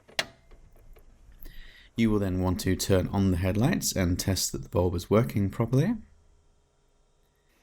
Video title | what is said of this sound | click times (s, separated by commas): How-to: Change low beam headlight bulbs, VW Golf Mk6 | and you will hear it click quite decisively | 0.2 s